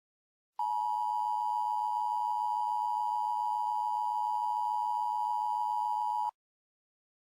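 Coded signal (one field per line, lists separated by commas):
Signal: Emergency Alert System (SAME) tones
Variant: 853 and 960 Hz attention tone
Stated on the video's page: Simulated EAS scenario.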